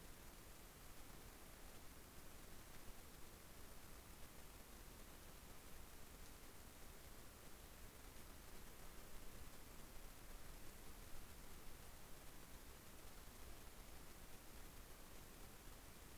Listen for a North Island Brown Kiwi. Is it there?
no